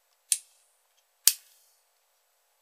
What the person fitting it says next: 卡扣卡上就很严了，不磕。